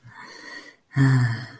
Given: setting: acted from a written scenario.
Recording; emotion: vocal sound without words; contentment